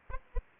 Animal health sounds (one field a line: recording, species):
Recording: mosquito wingbeat signal from an infrared sensor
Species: Anopheles arabiensis